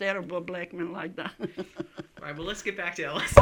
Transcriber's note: laughing